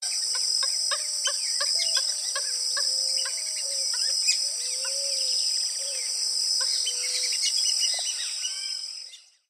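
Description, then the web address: Purple gallinule giving rapid clucking notes in short irregular series, with a few lower slurred notes, over a loud steady high insect drone. "Porphyrio martinicus. صدای-پرنده-گالینول-بنفش"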